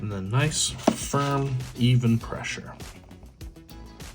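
A second DDR5 memory module is handled and lined up over its motherboard DIMM slot, ready to be pushed in with firm, even pressure. Someone talks over faint handling sounds, with a brief soft tap near 3.4 seconds. The module has not seated or clicked yet.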